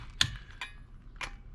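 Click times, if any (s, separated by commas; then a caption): 0.2 s. A click-type torque wrench set to 120 ft-lb tightens the lug nuts on a trailer wheel, working top then bottom in an offset pattern. A sharp metallic click at 0.2 s marks the wrench reaching its setting, followed by softer ticks and clacks around 0.6 s and 1.2 s. The lug nut is torqued to spec.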